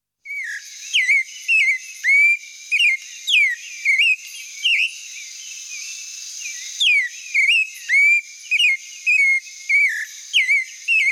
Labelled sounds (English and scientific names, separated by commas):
Clay-colored Thrush (Turdus grayi) song